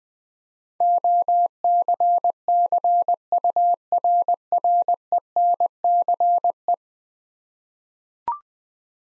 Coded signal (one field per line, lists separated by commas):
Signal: Morse code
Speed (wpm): 20 wpm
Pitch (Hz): 700 Hz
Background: none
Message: OCCURRENCE